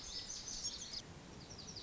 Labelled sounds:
Lazuli Bunting
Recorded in Sonoma County, California

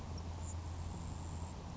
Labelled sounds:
Grasshopper Sparrow
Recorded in Sonoma County, California

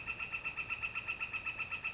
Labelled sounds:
Northern Flicker
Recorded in Sonoma County, California

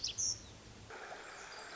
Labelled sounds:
Pacific Wren
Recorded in Sonoma County, California

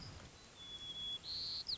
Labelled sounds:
White-crowned Sparrow
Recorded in Sonoma County, California

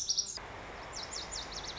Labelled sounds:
Lazuli Bunting
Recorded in Sonoma County, California

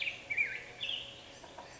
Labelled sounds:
Black-headed Grosbeak
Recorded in Sonoma County, California

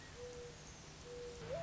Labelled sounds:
Mourning Dove
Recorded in Sonoma County, California

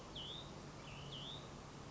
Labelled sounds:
Hutton's Vireo
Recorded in Sonoma County, California

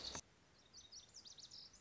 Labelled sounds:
Lazuli Bunting
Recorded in Sonoma County, California

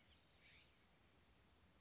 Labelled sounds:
California Scrub-Jay
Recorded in Sonoma County, California

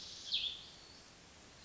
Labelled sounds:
Cassin's Vireo
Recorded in Sonoma County, California

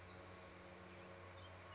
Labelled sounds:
Spotted Towhee
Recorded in Sonoma County, California

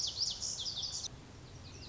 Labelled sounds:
Lazuli Bunting
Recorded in Sonoma County, California

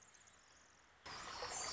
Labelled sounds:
Pacific Wren
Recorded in Sonoma County, California

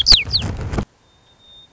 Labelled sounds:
White-crowned Sparrow
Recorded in Sonoma County, California

